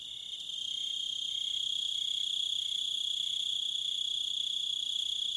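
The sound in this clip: Crickets trilling, a bright sustained high-pitched ring that builds in loudness at the start and then stays constant, with quieter rhythmic pulses beneath.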